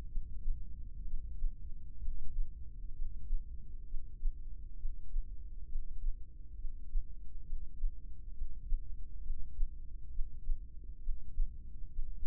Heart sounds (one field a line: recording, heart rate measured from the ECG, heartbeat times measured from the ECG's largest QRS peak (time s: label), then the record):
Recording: heart sounds by microphone in the left ear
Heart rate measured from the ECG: 66 bpm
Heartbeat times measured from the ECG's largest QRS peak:
0.07 s: heartbeat
1.03 s: heartbeat
1.97 s: heartbeat
2.91 s: heartbeat
3.84 s: heartbeat
4.75 s: heartbeat
5.65 s: heartbeat
6.54 s: heartbeat
7.43 s: heartbeat
8.31 s: heartbeat
9.20 s: heartbeat
10.09 s: heartbeat
10.99 s: heartbeat
11.89 s: heartbeat
From the record:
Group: heart failure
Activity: breath hold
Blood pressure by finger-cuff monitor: 76/50 mmHg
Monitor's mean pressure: 57 mmHg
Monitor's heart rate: 67 bpm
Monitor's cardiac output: 4.7 L/min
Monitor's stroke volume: 72 mL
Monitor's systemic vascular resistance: 840 dyn s/cm5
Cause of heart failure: ischemic heart disease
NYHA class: 1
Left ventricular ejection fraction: 33%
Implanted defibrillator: present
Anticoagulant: apixaban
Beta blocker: carvedilol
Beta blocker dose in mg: 18.75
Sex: male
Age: 39 years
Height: 168 cm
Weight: 72 kg